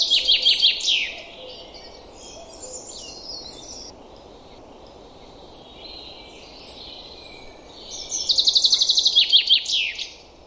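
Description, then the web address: Common chaffinch song: one phrase ends in the first second, then after quieter twittering a second full phrase rattles down through a trill to a closing flourish. "Deverinetal 2025"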